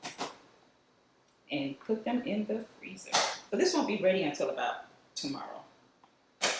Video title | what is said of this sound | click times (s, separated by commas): Make Your Own Homemade Watermelon Popsicles - Watermelon homemade Popsicles - Easy Popsicles Recipes | gotta hear it click | 6.4 s